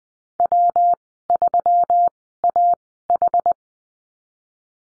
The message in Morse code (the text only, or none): W3AH